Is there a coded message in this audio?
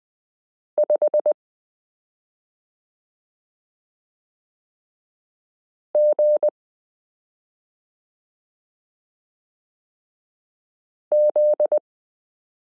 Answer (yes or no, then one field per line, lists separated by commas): yes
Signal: Morse code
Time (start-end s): 0.8-11.8 s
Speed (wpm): 20 wpm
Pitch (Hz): 600 Hz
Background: none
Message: 5GZ